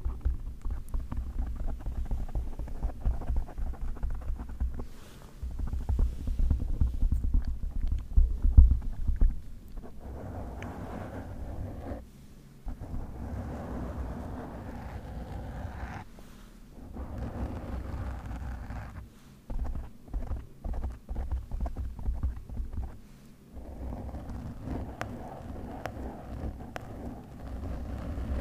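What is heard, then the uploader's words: Microphone scratching and rubbing fills the clip with a heavy low rumble and scraping bursts that come and go unevenly, loudest around five to nine seconds. Several abrupt near-silent gaps interrupt the noise, with quieter, thinner rustling in between. Different Mic Scratching & Rasierschaum.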